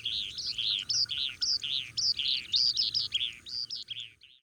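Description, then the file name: Oriental skylark song, a fast run of high chirping and warbled notes, fading out at the very end. "alauda gulgula"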